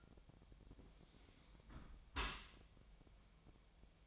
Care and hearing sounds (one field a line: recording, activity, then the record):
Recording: daily activity, microphone in the room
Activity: close dishwasher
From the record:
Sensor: 1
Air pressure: 1006.7 hPa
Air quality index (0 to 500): 209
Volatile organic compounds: 24 ppm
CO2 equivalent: 2815 ppm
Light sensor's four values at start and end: 12/31/12/14 and 12/31/12/14